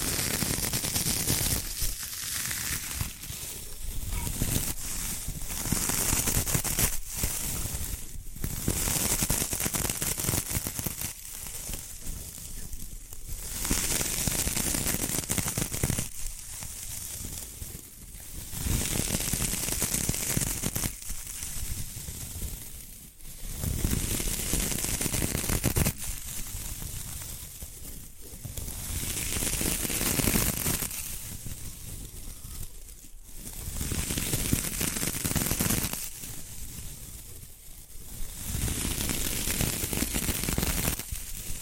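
Bamboo being tapped, scratched and brushed in a dense, busy stream of crackly, rattling sounds. Bursts of sharp ticking alternate with brief thinner pauses every few seconds, and a steady bright hiss runs underneath throughout.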